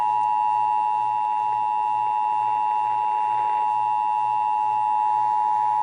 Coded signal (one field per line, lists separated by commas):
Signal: Emergency Alert System (SAME) tones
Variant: 853 and 960 Hz attention tone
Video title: (EAS #341-342) Severe Thunderstorm Warning (WBAP-AM, KEC55)